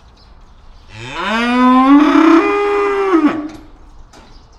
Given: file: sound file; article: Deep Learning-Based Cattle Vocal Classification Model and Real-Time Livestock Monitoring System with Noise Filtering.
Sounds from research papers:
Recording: cattle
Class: estrus call

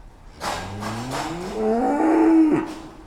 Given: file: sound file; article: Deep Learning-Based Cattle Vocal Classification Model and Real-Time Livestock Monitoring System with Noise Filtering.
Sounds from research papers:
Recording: cattle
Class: food anticipating call

